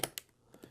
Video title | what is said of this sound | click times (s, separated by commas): Ryzen 7 2700x based GIS and Gaming Computer build | you hear that click it's locked into place | 0.2 s